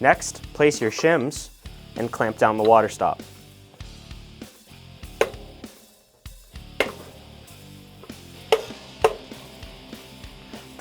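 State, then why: Seated. On an ST-10 Series 2 waterstop splicing table, with the shims placed, the hold-down clamps are pressed down over the PVC or rubber waterstop while someone talks at the start. Sharp clicks at 5.2, 6.8, 8.5 and 9.1 seconds mark the clamps snapping into position, possibly more than one clamp, and the waterstop is seated.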